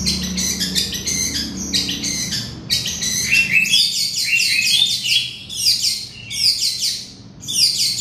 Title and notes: Kicau Kacer. manukmanukan